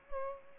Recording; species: mosquito wingbeat signal from an infrared sensor; Culex pipiens